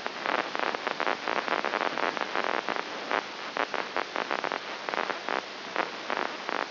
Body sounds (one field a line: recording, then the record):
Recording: brain microelectrode recording played as sound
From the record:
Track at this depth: inside the subthalamic nucleus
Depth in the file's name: 3.301 mm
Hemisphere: right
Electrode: 3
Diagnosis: Parkinson's disease